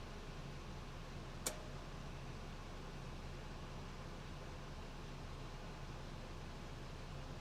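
A charging cable plug from a BLUETTI Charger 1 is pushed into the input of an Elite 100 power station in a Jeep, giving a single sharp click at 1.5 s over a steady, low broadband hum. The plug is seated.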